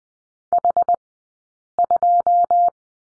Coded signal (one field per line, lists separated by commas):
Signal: Morse code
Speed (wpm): 20 wpm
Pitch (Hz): 700 Hz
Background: none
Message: H2